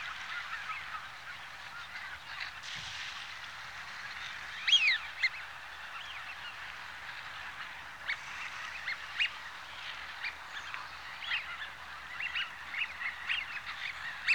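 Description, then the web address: Eurasian wigeon flock: continuous chorus of whistles and soft chatter, with one loud descending whistle near five seconds and scattered sharper notes later. Large flock. "BBC Sound Effects Library. Wigeon (Anas Penelope)"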